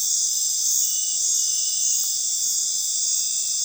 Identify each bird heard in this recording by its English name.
none